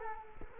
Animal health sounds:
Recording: mosquito wingbeat signal from an infrared sensor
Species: Culex quinquefasciatus

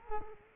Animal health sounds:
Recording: mosquito wingbeat signal from an infrared sensor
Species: Culex quinquefasciatus

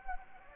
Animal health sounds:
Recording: mosquito wingbeat signal from an infrared sensor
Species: Anopheles gambiae

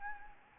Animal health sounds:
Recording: mosquito wingbeat signal from an infrared sensor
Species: Anopheles gambiae

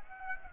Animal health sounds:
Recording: mosquito wingbeat signal from an infrared sensor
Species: Aedes aegypti

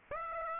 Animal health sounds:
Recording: mosquito wingbeat signal from an infrared sensor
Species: Aedes aegypti

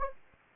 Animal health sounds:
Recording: mosquito wingbeat signal from an infrared sensor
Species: Anopheles gambiae

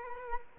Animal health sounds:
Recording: mosquito wingbeat signal from an infrared sensor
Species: Culex quinquefasciatus

